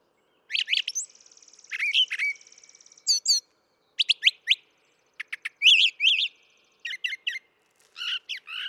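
Brown thrasher song: bursts of sharp, varied whistles and chirps, often doubled, alternating with a buzzy trill and short gaps.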